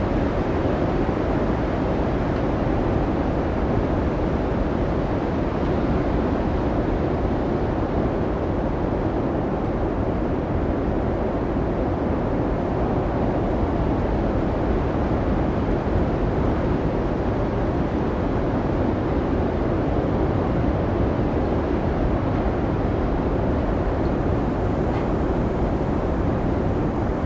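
Wind roars without a break for the whole clip, a thick, steady rumble weighted toward the low end with a softer hiss above it. The loudness barely changes from start to finish, with no gusts or separate events standing out.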